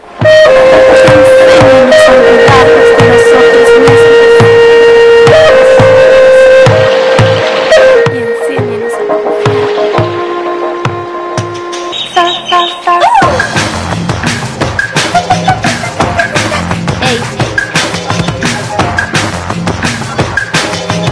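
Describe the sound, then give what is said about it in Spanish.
A loud, produced radio program separator jingle: a sustained melodic synth line rides over steady thumping beats, then about halfway through it shifts into a denser, busier musical section. No one speaks. “¿Con qué vamos? ¿Un separador? ¿Tenemos algo?”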